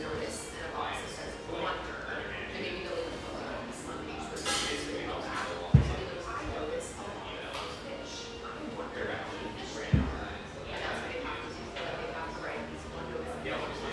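Busy café chatter with overlapping voices talking steadily throughout, broken by two sharp clacks at about six and ten seconds.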